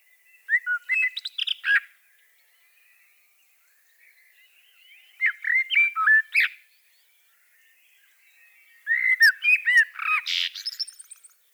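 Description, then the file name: Common blackbird singing three phrases a few seconds apart, short fluty notes run into high-pitched scratchy twittering. "Turdus merula"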